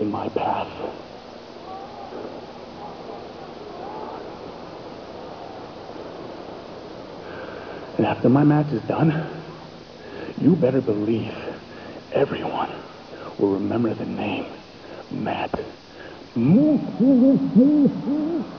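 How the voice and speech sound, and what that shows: An adult man delivers a boastful wrestling promo in his acted stuttering character, with long pauses before his name. He breaks on his first name and stretches the first sound of his surname over about two seconds, giving stutter-like blocks and prolongations.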